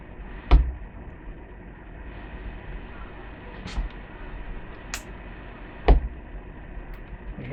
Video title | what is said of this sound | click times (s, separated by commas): Opening a tile for the first time | hear that clicking? | 0.5 s, 4.9 s, 5.9 s